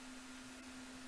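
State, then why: Not seated. A cling rubber stamp is handled as it is pressed toward its place in a stamp positioning holder. Only a steady low hum over a faint broadband hiss is heard, with no distinct hit. Nothing has seated or clicked yet.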